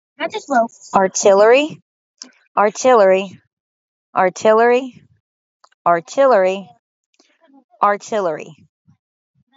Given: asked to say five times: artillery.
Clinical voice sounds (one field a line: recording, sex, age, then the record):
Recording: repeated word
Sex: female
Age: 40 to 49 years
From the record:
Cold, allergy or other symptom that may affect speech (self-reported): no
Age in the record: 40 years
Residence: Alabama, United States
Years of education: 14